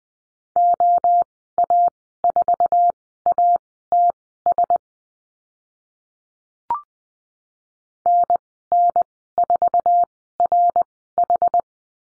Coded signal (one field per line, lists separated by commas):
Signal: Morse code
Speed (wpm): 20 wpm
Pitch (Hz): 700 Hz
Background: none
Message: OA4ATS NN4RH